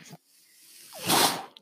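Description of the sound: A faint rising airflow builds into a loud, breathy hiss lasting about half a second, then fades: a man's own mechanical ventilator delivering a breath.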